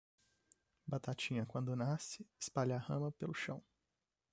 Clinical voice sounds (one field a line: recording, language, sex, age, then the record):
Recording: short text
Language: Brazilian Portuguese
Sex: male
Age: 20 to 29 years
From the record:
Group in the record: control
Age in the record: 24 years